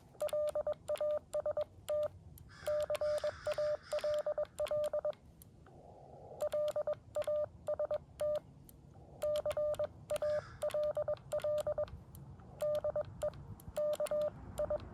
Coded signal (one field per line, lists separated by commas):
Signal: Morse code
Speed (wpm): 21 wpm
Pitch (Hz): 600 Hz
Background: none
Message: LAST CALL LAST CALL DE KI